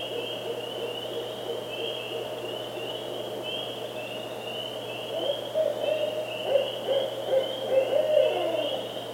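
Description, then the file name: Barred Owl hooting, louder in the second half, over a steady, pulsing high insect trill. Northern subspecies. "Strix varia - Northern Barred Owl"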